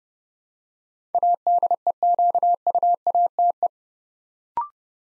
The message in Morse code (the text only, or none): ADEQUATE